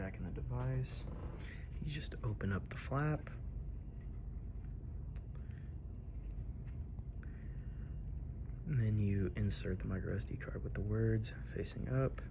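Someone talks while the flap over the card slot of a Zoom handheld audio recorder is opened and a microSD card is lined up, words facing up, before being pushed in. Faint handling taps come in the quiet stretch between about 5.2 and 7.2 seconds. The card has not seated or clicked yet.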